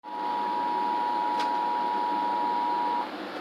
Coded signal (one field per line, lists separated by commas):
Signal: Emergency Alert System (SAME) tones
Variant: 853 and 960 Hz attention tone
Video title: EAS 48 SVR